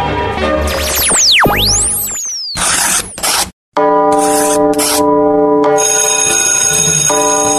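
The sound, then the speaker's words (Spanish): A school bell rings with a steady, sustained metallic tone, loud and unbroken. It follows a rush of swooping whistles and short bursts of noise, and no one speaks. “Ya tocó la campana.”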